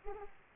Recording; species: mosquito wingbeat signal from an infrared sensor; Aedes aegypti